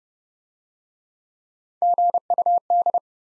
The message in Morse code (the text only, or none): GUD